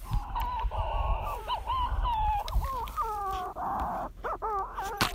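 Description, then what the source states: Manx shearwater calling: a series of harsh crowing notes that swoop up and down, over low rumbling noise. Bird responding from inside its burrow among bluebells and bracken on Puffin Island, to a recorded call played down the burrow during a burrow survey.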